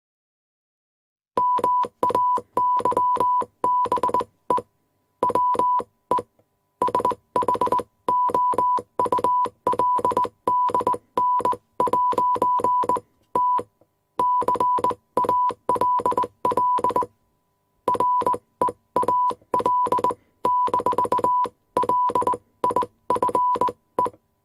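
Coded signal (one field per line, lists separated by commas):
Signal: Morse code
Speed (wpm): 20 wpm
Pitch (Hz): 990 Hz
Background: none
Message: MAYBE WE SHOULDN'T CALL REAL-LIFE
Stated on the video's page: Morse code machine sound effects with beeps, clicks and static.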